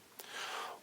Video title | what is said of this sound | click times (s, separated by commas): Review FR - Myth Cloth - Mermaid no Thetis | On voit que la partie voilà le petit ergo qu'on avait et ça a sauté. | 0.2 s